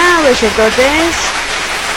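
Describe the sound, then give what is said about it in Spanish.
Steady, dense applause opens a show on the anime radio station Radio Anime Nexus, filling the whole clip as a loud, even hiss of many hands clapping, with a few brief voices rising and falling over it at the start. “Claro que es un fuerte, fuertísimo aplauso.”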